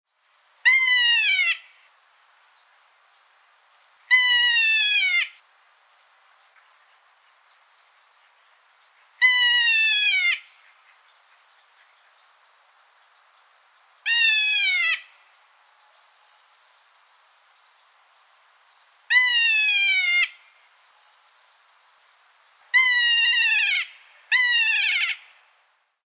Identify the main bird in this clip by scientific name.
Nestor notabilis